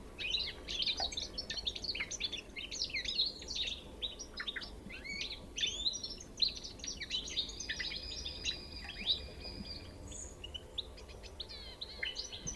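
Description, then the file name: European goldfinch twittering, rapid chirps early on, then longer drawn-out whistled notes and scattered tinkling calls, with faint background hum. "Carduelis carduelis"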